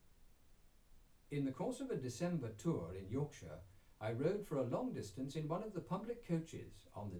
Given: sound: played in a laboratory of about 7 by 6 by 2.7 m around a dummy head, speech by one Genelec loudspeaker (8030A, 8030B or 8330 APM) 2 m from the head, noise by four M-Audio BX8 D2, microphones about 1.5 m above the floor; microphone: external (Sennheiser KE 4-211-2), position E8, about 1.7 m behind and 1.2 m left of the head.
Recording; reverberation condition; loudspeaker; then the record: male speech in English; low; 30 degrees to the right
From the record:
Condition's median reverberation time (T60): about 310 ms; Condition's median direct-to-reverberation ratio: about 3.5 dB